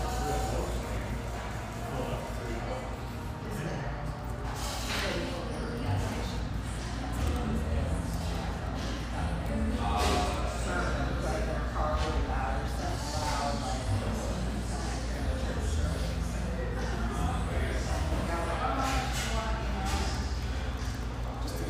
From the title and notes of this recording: Boise, Idaho. Lively chatter from this spacious, vivacious tea room in the North End of Boise.